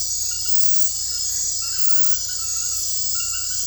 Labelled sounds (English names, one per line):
none